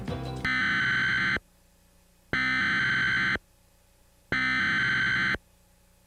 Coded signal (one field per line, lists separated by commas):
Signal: Emergency Alert System (SAME) tones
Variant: header bursts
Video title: Emergency Alert System (EAS) Sample- Western MA, 1999-2000